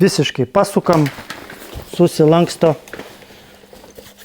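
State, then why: Not seated. A compact stroller is being folded completely, with its plastic/metal frame fold lock being handled toward latching in the folded position, while someone talks. The fold lock has not latched and nothing has seated or clicked yet.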